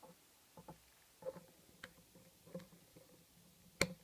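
A plastic wheel assembly on a transforming robot toy's leg is pulled outward, giving a few faint plastic ticks and creaks. At 3.8 s it clicks sharply out into its extended detent, and the wheel is released into the extended position.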